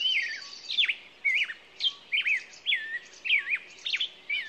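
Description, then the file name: Songbird song of clear, looping whistled phrases that dip and rise, delivered in short bursts. In the morning. "Echoes Of Nature-Morning Songbirds"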